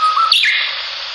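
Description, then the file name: Japanese bush warbler song: a short steady whistled note, then a quick higher flourish, over constant hiss. "ウグイス"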